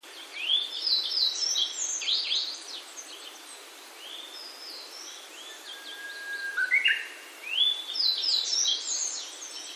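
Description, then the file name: Grey bunting singing thin, high, sliding phrases in three bursts, with a lower phrase in the middle. "kuroj"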